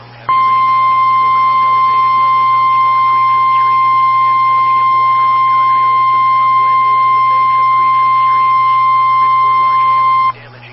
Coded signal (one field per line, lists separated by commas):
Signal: Emergency Alert System (SAME) tones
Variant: 1050 Hz attention tone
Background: speech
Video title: EAS Alert #206-214